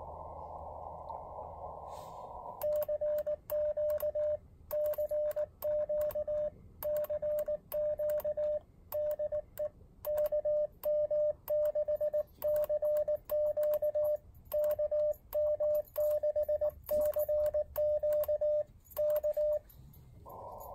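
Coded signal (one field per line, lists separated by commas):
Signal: Morse code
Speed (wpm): 19 wpm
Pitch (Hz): 600 Hz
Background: radio noise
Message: CQ CQ CQ DE KM6CQ KM6CQ K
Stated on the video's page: Elecraft AX1 portable QRP antenna.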